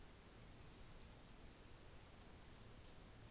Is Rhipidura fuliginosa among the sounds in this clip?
yes